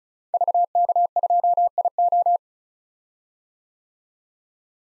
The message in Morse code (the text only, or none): VK2IO